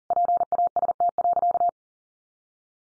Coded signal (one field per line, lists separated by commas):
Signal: Morse code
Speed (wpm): 40 wpm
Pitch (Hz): 700 Hz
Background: none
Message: PAST.